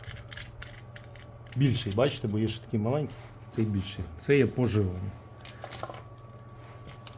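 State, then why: Not seated. A metal threaded circular power cable connector is picked up and shown before it is plugged into a jammer unit. Someone talks while light handling taps and ticks are heard, mostly in the first second and again around 5.4–5.8 s. Nothing has seated or clicked yet.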